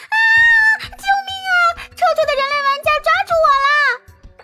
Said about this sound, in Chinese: 他们两个人四只手牢牢地抓住了这朵玫瑰，然后一道凄厉的叫喊声在玻璃花房里响起。